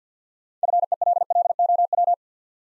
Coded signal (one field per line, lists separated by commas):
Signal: Morse code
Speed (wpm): 50 wpm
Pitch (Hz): 700 Hz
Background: none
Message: FELLOW